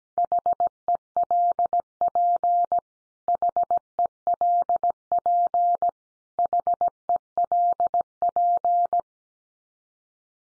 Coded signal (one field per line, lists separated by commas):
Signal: Morse code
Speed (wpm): 17 wpm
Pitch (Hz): 700 Hz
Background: none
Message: HELP HELP HELP